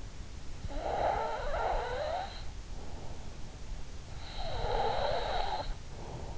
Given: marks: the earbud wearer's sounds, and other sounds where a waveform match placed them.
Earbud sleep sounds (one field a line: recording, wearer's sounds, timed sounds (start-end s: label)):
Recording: sounds in sleep by an in-ear microphone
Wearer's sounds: breath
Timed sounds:
0.33-3.13 s: breath
3.87-6.33 s: breath